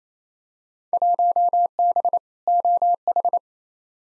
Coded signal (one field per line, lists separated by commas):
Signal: Morse code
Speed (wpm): 28 wpm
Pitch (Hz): 700 Hz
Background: none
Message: 1B OH